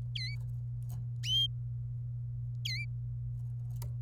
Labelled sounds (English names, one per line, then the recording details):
Domestic Canary song
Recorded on 26 April 2018 at 16:19
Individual llb3